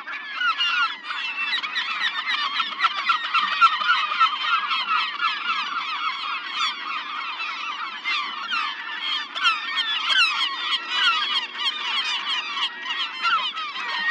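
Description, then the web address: Gull chorus, many birds giving shrill clipped calls, densely overlapping, the loudness rising and falling throughout. "seagulls"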